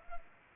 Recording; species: mosquito wingbeat signal from an infrared sensor; Culex pipiens